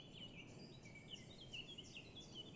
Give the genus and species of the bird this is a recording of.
Sylvia atricapilla